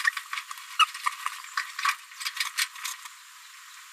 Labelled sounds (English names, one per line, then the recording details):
Green-rumped Parrotlet babbling
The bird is a female
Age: 22 days
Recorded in a nest box in Venezuela
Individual 17B73B3